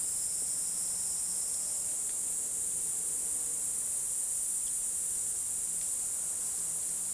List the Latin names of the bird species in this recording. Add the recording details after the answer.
none. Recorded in secondary vegetation near Puerto Asís, Putumayo, Colombia, on 19 February 2024 at 14:00. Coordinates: 0.468, -76.324. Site G6381